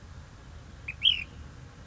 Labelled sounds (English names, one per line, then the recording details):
Ash-throated Flycatcher
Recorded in Sonoma County, California